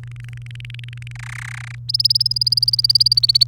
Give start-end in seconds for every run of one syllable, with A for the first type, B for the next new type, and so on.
0.04-1.12 A, 1.15-1.75 B, 1.89-3.44 C